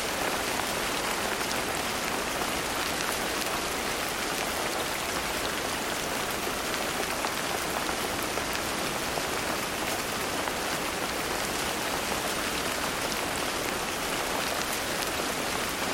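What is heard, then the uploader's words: Light rain patters steadily on leaves, a dense, even hiss of fine drops with bright ticks and no pauses throughout. Light Rain on Leaves.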